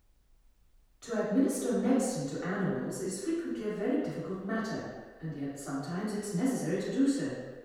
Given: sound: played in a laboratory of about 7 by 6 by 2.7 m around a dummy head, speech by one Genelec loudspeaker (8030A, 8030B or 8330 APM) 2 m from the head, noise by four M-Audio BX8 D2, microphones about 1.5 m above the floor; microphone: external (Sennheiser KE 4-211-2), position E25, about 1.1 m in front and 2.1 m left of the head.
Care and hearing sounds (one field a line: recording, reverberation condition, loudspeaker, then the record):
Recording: female speech in English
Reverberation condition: high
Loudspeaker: 120 degrees to the right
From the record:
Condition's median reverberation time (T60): about 1300 ms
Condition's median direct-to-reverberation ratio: about -4.0 dB